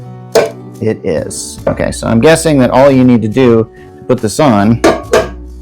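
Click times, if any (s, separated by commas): none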